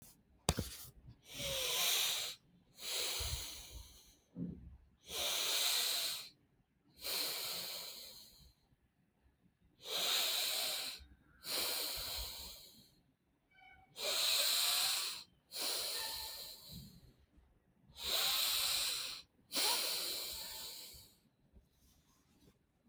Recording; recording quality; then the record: deep breathing; excellent, no background noise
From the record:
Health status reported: healthy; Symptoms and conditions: none ticked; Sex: male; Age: 33 years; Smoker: not ticked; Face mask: not worn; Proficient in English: yes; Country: India